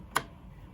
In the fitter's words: Nah, cetek gitu tadi.